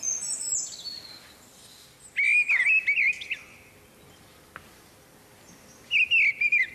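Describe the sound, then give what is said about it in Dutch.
A mistle thrush sings loud, fluting phrases of warbled whistles, delivered in short bursts separated by pauses, with faint background chirping in between. “De grote lijster, nu volop te horen.”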